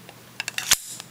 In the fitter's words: so you can hear it locks with a very solid click uh this is a very solid sheath